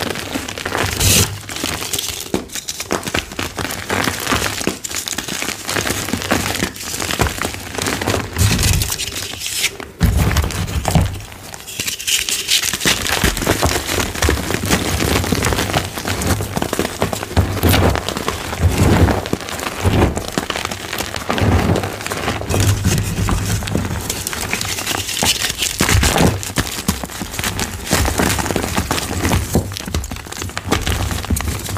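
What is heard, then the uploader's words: Dyed gym chalk is crushed, a dense run of crisp, crinkly crunches and small cracks with bright, gritty detail. The crumbling is nearly continuous and fairly even in loudness, with a brief softer lull around ten to twelve seconds. Crispy Flaky Dyed Gym Chalk Collection Chalk Crushing ASMR. A collection of some of my favorite crispy flaky dyed gym chalk asmr crushing collection.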